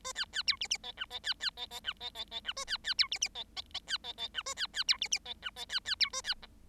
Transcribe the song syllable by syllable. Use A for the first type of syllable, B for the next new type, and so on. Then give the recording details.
A B B C D D E F E B B E E F E E E F A B B C D D E E E B E E F A B B C D D E F E B B C A B G. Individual Bird7